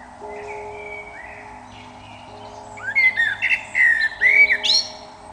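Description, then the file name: Eurasian blackbird giving a mellow whistled phrase of several fluty notes that breaks into a high scratchy flourish, with a constant low hum throughout. "Turdus merula"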